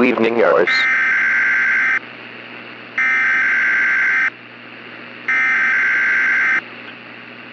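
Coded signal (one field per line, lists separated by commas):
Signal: Emergency Alert System (SAME) tones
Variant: header bursts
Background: speech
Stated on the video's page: Simulated EAS scenario for a fictional hailstorm.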